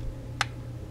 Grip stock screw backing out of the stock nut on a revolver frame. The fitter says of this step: I heard that click then